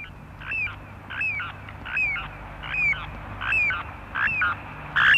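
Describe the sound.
Little ringed plover giving clear, high, down-slurred calls in a loose series, roughly one every half second to second, over a faint low hum.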